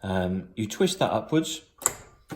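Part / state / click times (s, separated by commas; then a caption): air-threading lever inside an overlocker front cover / seated / 1.9 s. The air-threading lever inside the front cover of a Juki MO-2000 QVP overlocker is twisted upwards while someone talks. It snaps into its locked position with a single sharp click at 1.9 s, seating the lever in place.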